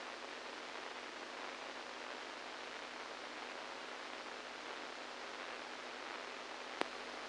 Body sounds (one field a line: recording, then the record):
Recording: brain microelectrode recording played as sound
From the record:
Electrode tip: inside the subthalamic nucleus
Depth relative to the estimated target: -5 mm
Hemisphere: right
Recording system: NeuroSet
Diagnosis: Parkinson's disease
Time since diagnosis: 7 years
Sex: male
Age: 69 years